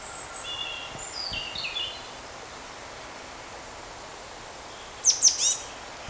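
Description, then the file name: Marsh tit calls: faint thin high notes early on, then a loud burst of three sharp, quickly falling high notes near the end, over a soft hiss of background noise. "Poecile palustris"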